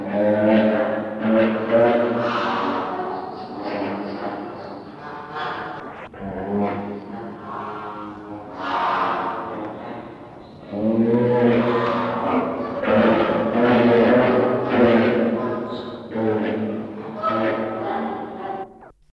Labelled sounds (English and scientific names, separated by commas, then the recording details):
Great White Pelican (Pelecanus onocrotalus) call
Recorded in captivity
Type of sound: call
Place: Tierpark Hagenbeck, Hamburg, DE
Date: 1983-01-15
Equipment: Halbspur, 9,5 cm/s
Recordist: Lütgens, Hans
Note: Mit Flamingos